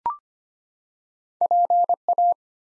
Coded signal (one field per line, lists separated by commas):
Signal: Morse code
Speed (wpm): 25 wpm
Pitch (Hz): 700 Hz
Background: none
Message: PA